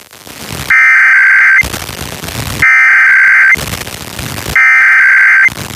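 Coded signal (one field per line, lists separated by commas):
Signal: Emergency Alert System (SAME) tones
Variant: header bursts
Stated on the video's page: Pennsylvania Required Monthly Test EAS tones recorded from several FM, AM and TV stations; one TV station recorded from DVR.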